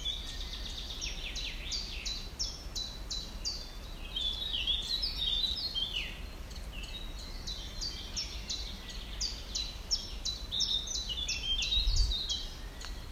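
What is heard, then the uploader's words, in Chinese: Birds call and sing almost without pause in a small woodland, a thick layer of bright, quick chirps and trills overlapping throughout. A low, steady outdoor rumble sits underneath, with a soft thump near twelve seconds. 走在波兰某个小丛林里静静的聆听鸟儿们的叫声。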